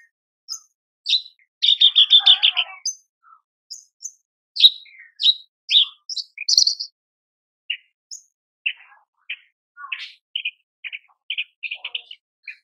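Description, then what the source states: Horsfield's bush lark song: a few chirps, a long rapid buzzy trill, then a string of short separate chirps. Training song (masteran) for cage birds, described as effective and super gacor (very active singing).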